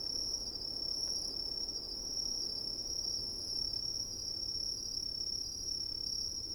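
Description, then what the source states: Cricket: steady shrill chorus of crickets with a thin second band higher up, over quiet, breathy wind. Crickets in coniferous forest at night, with soft wind.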